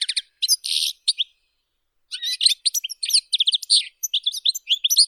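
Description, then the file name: European goldfinch singing bright twittering phrases with a buzzy nasal note, a short pause, then a rapid jumble of high tinkling and chirping notes. "Golosa ptic - CSHegol Carduelis carduelis"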